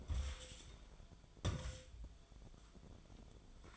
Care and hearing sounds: daily activity, microphone in the room; take from stove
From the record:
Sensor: 5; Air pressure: 1010.0 hPa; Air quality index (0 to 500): 150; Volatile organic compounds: 3 ppm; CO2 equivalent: 1460 ppm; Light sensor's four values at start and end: 251/613/261/286 and 258/614/267/297

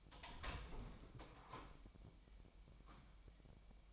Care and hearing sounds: daily activity, microphone in the room; open door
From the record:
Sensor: 1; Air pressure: 1007.2 hPa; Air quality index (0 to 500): 198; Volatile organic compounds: 20 ppm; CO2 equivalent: 2678 ppm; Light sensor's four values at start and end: 13/33/13/15 and 13/34/13/15

